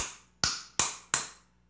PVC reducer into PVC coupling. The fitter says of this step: bom aí, eu já encaixou quase toda, beleza?